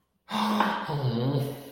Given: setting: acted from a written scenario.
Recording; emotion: vocal sound without words; adoration